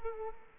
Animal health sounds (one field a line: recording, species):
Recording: mosquito wingbeat signal from an infrared sensor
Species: Culex quinquefasciatus